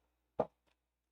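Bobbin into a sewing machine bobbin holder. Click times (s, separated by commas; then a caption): 0.4 s. A bobbin is pushed into the bobbin holder of a sewing machine and clicks into place with a single sharp hit at 0.4 s, followed by a faint softer tick around 0.7 s. The bobbin is seated.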